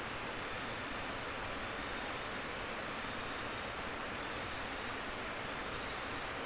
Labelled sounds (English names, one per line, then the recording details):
North Island Brown Kiwi male call
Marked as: faintness 4/5
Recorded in New Zealand on 19 October 2013
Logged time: 01:58
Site CR37